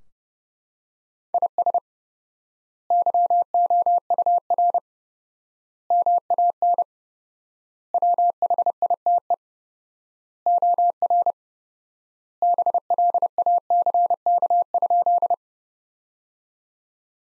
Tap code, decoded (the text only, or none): none